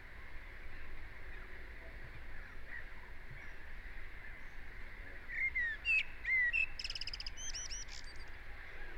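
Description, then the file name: Common blackbird song: after quiet background noise, a short whistled phrase ends in a fast burst of high, thin twittering notes. "Turdus merula"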